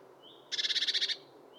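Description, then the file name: Eurasian blue tit giving one brief buzzy churr of rapid pulses, with a faint thin high note before it. "Cyanistes caeruleus"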